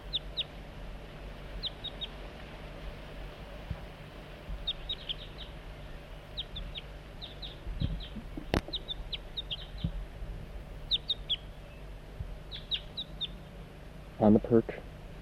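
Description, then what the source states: Crossbill giving scattered high chip notes in short clusters, with occasional clicks and a brief handling noise near the end. Juvenile perched in a dead snag on a hilltop, near a decoy setup.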